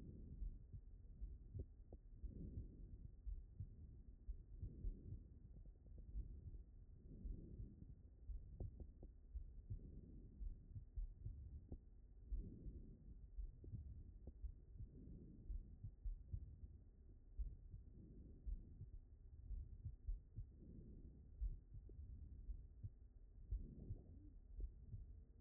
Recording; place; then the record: heart sounds by stethoscope; aortic valve (AV)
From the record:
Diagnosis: non-HFrEF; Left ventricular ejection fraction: 66%